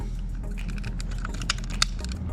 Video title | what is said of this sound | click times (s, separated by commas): BMW 528i Door Handle Replacement | snap in place all right | 1.8 s